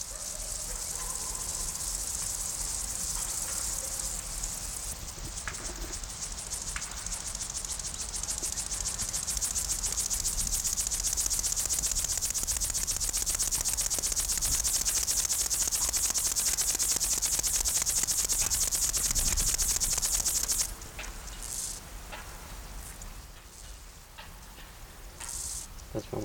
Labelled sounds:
Upland Field Grasshopper (Chorthippus apricarius) stridulation
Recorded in the wild
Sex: male
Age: imago
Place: Blankenfelde, Tegeler Fließ, Berlin, DE
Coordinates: 52.625, 13.404
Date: 1992-08-16 12:20
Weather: sonnig, 20-23°C
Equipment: Marantz CP 430, Sennheiser ME 80, Kopie Tesla B 116
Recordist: Tembrock, Günter

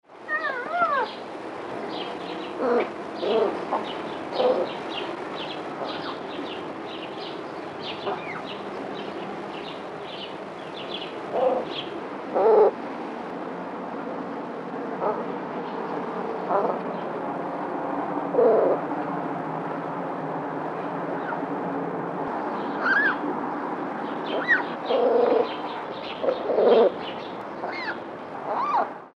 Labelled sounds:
Eurasian Lynx (Lynx lynx)
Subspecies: lynx
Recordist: Tembrock, Günter
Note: Ca 2 Monate altes Jungtier: Maunzen und dunkle Laute bei Annäherung an Alttier

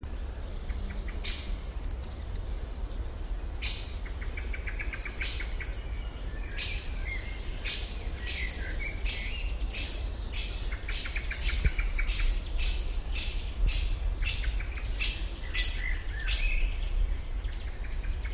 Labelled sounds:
Great Spotted Woodpecker (Dendrocopos major) call
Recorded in the wild
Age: adult
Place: Botanische Anlage Blankenfelde, Berlin, DE
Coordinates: 52.603, 13.4
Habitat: park
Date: 1996-07-07 17:09
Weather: sunny, 18°C
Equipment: Sony MD-WM MZ-R3, Sennheiser MKH 416 T, Kopie Uher 4000 Report Monitor
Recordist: Tembrock, Günter

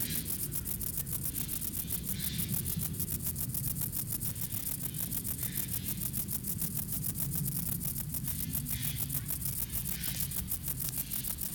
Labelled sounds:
Stripe-winged Grasshopper (Stenobothrus lineatus) stridulation
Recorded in the wild
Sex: male
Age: imago
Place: Treuchtlingen, Heumöderntal, Bayern, DE
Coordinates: 48.96, 10.91
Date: 1993-09-22 15:54
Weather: heiter, 23°C
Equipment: Marantz CP 430, Sennheiser MKH 416 T, Kopie Uher Variocord 263
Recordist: Tembrock, Günter

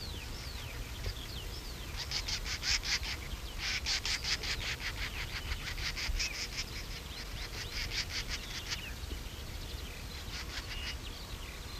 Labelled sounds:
Lesser Grey Shrike (Lanius minor) call
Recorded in the wild
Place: Sandeck, AT
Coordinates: 47.7364, 16.7706
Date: 1964-05-20
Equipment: Uher Report 4000, AKG D190
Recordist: Krey, Winfried

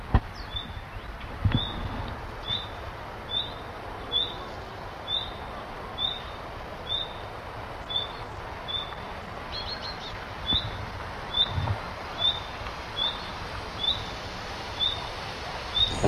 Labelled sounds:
Common Redstart (Phoenicurus phoenicurus) call
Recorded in the wild
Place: Summt, Brandenburg, DE
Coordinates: 52.6931, 13.3619
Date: 1989-07-22 15:26
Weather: sunny, 25°C
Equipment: Sony WM-D6C, Kopie Tesla B 116
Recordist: Tembrock, Günter

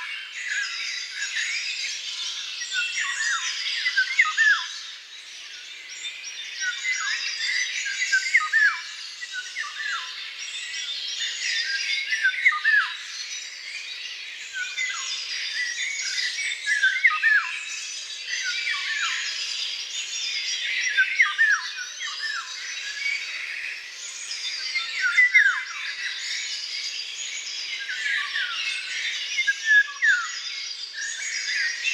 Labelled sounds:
Eurasian Golden Oriole (Oriolus oriolus) song
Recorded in the wild
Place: Waltershofen / Freiburg im Breisgau, Baden-Württemberg, DE
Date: 2005-05-12
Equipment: Minidisc Sony MZ-R35, Telinga DAT, Telinga-Parabolspiegel
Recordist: Schwarz, Dieter

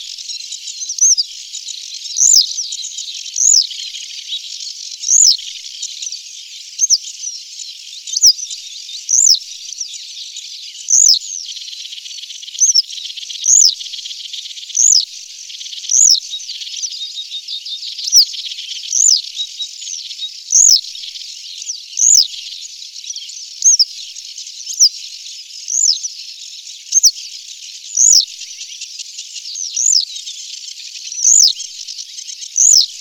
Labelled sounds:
Western Yellow Wagtail (Motacilla flava) song
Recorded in the wild
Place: Nagyivan / Hortobagy Nationalpark, HU
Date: 1990-05-15
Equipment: stereo
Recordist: Schwarz, Dieter

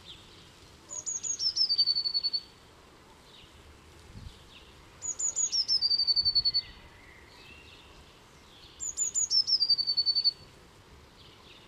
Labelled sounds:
Eurasian Blue Tit (Cyanistes caeruleus) song
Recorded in the wild
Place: Kaiserslautern, Rheinland-Pfalz, DE
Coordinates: 49.4247, 7.77889
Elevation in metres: 279
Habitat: garden
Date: 1976-05-30
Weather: sehr windig
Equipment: Nagra IV, Sennheiser MKH 405, Parabolreflektor
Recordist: Tretzel, Erwin

